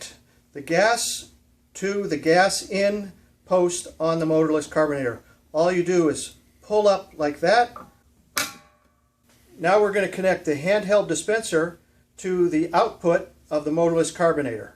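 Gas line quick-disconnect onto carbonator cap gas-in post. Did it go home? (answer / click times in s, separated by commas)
yes / 8.4 s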